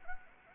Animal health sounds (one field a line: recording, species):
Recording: mosquito wingbeat signal from an infrared sensor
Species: Anopheles arabiensis